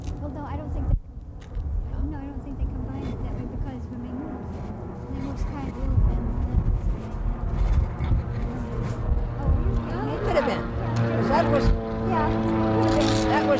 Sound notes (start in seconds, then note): 5.5 voice off mike; 10.7 an airplane flies overhead